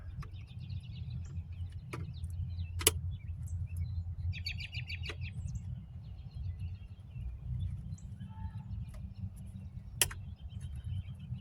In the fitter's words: 3 solid clicks that time.